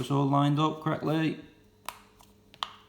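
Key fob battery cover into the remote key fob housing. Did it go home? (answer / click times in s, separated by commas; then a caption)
no / none. Someone talks while lining up the battery cover/holder of a VW Passat key fob for a battery replacement, then a few faint handling ticks are heard as the plastic part is positioned over the remote key fob housing, with sharp taps near 1.9 s and 2.6 s. The cover is handled but nothing has seated or clicked into place yet.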